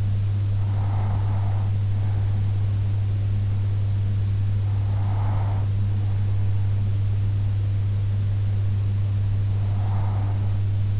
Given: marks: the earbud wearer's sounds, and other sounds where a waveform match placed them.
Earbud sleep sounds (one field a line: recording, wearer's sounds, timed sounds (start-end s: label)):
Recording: sounds in sleep by an in-ear microphone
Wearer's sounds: breath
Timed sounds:
0.00-1.99 s: breath
4.99-6.99 s: breath
8.99-10.99 s: breath